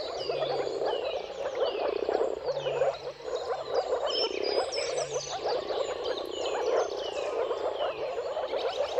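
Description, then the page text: Moor frog chorus of overlapping muffled gurgles, constant throughout, with bird whistles and chirps layered on top. Moor frogs giving mating calls in a chorus at sunrise, at the turn of March and April, timing depending on the weather. "Dawn’s Chorus: Mating Calls of Marsh Frogs at Sunrise. Depending on the weather at the turn of March and April, you can witness an amazing spectacle of moor frogs. Jakub Orzecki"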